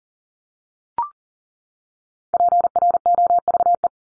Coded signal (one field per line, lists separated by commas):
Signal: Morse code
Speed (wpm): 40 wpm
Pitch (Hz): 700 Hz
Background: none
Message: PROVE